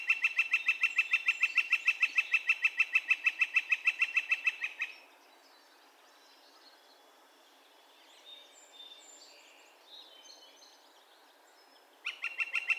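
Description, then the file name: Northern flicker call series: loud, rapid, steady wick-wick notes for about five seconds, a quiet gap with faint chirps from other birds, then the series resumes. Calls; recorded 2 May 2020. "2020-05-02 Northern Flicker- Calls"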